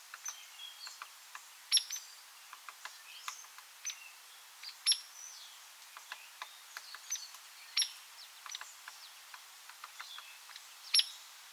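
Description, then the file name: Hairy woodpecker calls: sharp, short peek notes given about every three seconds, standing out over a busy background of faint chirping from other small birds. "Hairy Woodpecker Leuconotopicus villosus"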